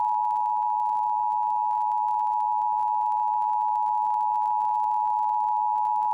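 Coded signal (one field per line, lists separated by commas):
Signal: Emergency Alert System (SAME) tones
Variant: 853 and 960 Hz attention tone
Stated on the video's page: Required monthly tests from Pennsylvania broadcast and TV stations.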